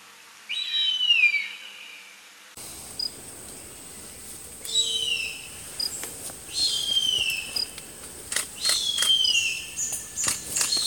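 Bird song: high whistled falling phrases repeat several times, later with sharp cracking sounds and steady background noise.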